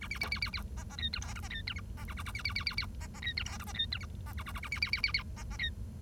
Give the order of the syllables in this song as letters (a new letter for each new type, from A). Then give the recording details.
A B B B B B C C D E F G C D E H C A A A B B B B B C C D E F G C D E H C A A A A B B B B B C C D. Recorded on 1 October 2012 at 09:16. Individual or60yw70